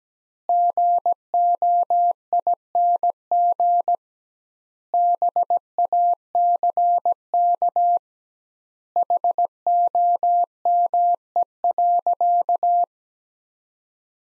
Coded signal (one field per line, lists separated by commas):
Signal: Morse code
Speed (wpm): 17 wpm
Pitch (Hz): 700 Hz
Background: none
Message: GOING BACK HOME.